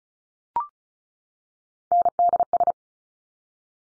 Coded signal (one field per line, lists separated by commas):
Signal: Morse code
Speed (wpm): 36 wpm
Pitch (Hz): 700 Hz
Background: none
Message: NDS